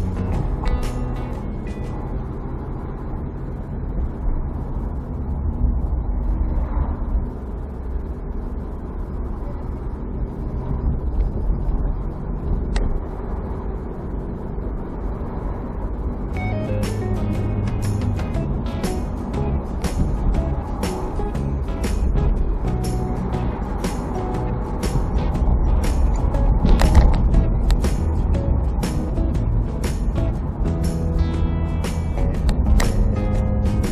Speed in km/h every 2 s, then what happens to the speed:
29, 31, 31, 28, 29, 31, 34, 36, 35, 35, 35, 34, 35, 34, 33, 31, 31.
0-7 steady at about 29. 7-14 speeds up to 36. 14-34 steady at about 34.